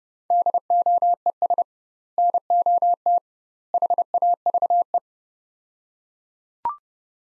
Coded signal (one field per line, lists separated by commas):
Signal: Morse code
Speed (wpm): 30 wpm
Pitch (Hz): 700 Hz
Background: none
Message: DOES NOT HAVE